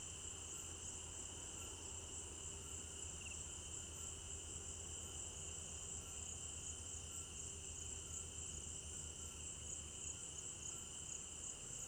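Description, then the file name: Crickets trilling in a steady, unbroken chorus, with one high shimmering band and a lower constant trill, over a faint low hum. At night in an African village garden; stereo binaural recording. "African-Village Garden Night Crickets 01 Stereo-Binaural"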